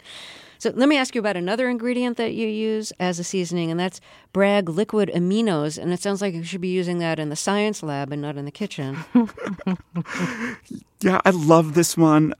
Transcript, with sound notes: So let me ask you about another ingredient that you use as a seasoning, and that's Bragg liquid aminos. And it sounds like you should be using that in the science lab and not in the kitchen.
(LAUGHTER)
Yeah, I love this one.